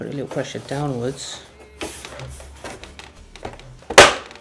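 Someone talks while lining up the holes of a second plastic faceplate on a PS5 game console body, then presses it downward with a little pressure. A loud, sharp snap at 4.0 seconds marks the faceplate seating in place.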